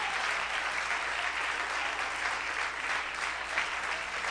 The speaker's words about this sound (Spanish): Dale un aplauso a Cristo, que él se lo merece. Y que el aplauso sea fuerte, grande y largo en lo que ellos cambian esas cosas allá.